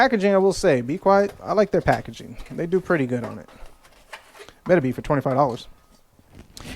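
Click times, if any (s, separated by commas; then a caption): 6.6 s. A wire fan retention clip is pressed onto the heatsink fin stack of a CPU air cooler while someone talks. After a few quieter taps, one sharp snap is heard at 6.6 s as the clip seats onto the cooler.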